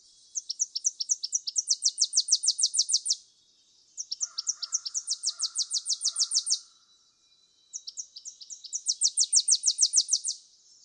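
Tennessee warbler songs, three high staccato phrases each building from separated chips to a fast dry trill, with faint lower notes during the second song.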